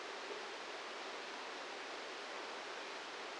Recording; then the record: brain microelectrode recording played as sound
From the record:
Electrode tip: outside the subthalamic nucleus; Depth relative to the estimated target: -1 mm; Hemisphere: left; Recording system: NeuroSet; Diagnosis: Parkinson's disease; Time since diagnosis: 8 years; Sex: male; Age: 58 years